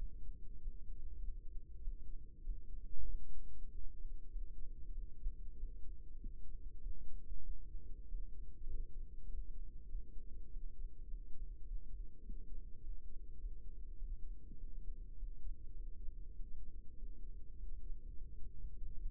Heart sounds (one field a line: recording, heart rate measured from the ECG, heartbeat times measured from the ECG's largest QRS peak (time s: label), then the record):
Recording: heart sounds by microphone in the right ear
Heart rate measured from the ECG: 99 bpm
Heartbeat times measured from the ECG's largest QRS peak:
0.61 s: heartbeat
1.22 s: heartbeat
1.81 s: heartbeat
2.43 s: heartbeat
3.08 s: heartbeat
3.70 s: heartbeat
4.29 s: heartbeat
4.91 s: heartbeat
5.57 s: heartbeat
6.20 s: heartbeat
6.80 s: heartbeat
7.43 s: heartbeat
8.08 s: heartbeat
8.68 s: heartbeat
9.26 s: heartbeat
9.88 s: heartbeat
10.50 s: heartbeat
11.07 s: heartbeat
11.64 s: heartbeat
12.23 s: heartbeat
12.81 s: heartbeat
13.37 s: heartbeat
13.96 s: heartbeat
14.57 s: heartbeat
15.16 s: heartbeat
15.73 s: heartbeat
16.33 s: heartbeat
16.96 s: heartbeat
17.57 s: heartbeat
18.15 s: heartbeat
18.75 s: heartbeat
From the record:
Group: healthy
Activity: rest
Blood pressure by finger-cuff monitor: 123/58 mmHg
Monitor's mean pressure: 78 mmHg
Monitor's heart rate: 99 bpm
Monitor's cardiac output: 8.4 L/min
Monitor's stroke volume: 85 mL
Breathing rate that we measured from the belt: 26 breaths a minute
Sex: male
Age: 22 years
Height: 181 cm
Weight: 60 kg